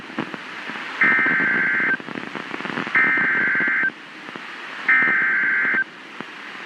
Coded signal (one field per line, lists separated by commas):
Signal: Emergency Alert System (SAME) tones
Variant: header bursts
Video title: Flash Flood Warning and Severe Thuderstorm Warning Missouri Double Header EAS 4/17/26